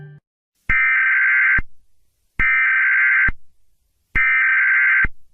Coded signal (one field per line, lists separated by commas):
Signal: Emergency Alert System (SAME) tones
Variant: header bursts